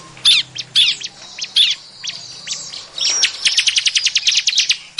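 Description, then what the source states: Bar-winged prinia calls, sharp high chirps in short bursts, then a fast run of rapid repeated ticking notes near the end. Noisy prinia calling used as a lure to attract birds.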